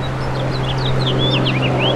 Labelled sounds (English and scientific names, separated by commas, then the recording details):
House Finch (Haemorhous mexicanus) song
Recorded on Long Island, New York, on 8 May 2012
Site VS
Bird A